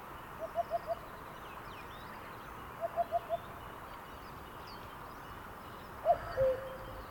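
Cuckoo: two quick runs of four soft notes, then a single cuckoo call with a falling second note. Faint twittering from other birds sits behind it.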